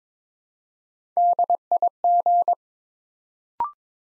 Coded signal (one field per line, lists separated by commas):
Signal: Morse code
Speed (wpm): 22 wpm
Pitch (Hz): 700 Hz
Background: none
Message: DIG